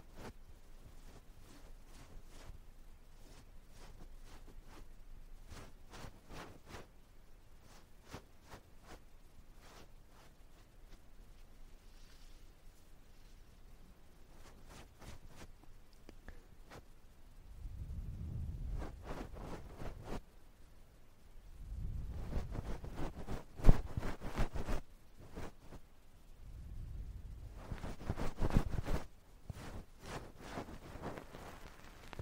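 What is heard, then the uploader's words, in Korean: Brushing and touching right at the ear, made of quick, dense clicks and soft scratchy taps that come in irregular bursts. Around 18, 22 to 25, and 28 seconds, deeper rumbling rubs swell louder, then ease back into quieter crackling. No talking 말없이 귀에 먼지 털어내기 ear touching sound.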